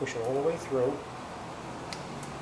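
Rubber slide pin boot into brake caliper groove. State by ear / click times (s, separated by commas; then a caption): seated / 1.9 s. On a Ford F150 rear brake, someone talks while a caliper slide pin is pushed all the way through the brake caliper from the back. The pin's rubber boot snaps into its groove with a short sharp click at 1.9 s, seating it so the pin slides back and forth.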